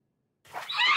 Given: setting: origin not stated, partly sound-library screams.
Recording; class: one-second piece from a danger detection set; woman in danger